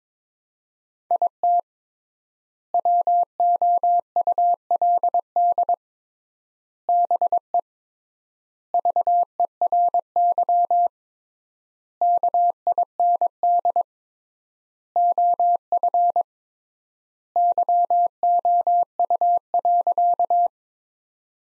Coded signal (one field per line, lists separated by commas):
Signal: Morse code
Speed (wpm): 22 wpm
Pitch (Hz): 700 Hz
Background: none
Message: IT WOULD BE VERY KIND OF YOU.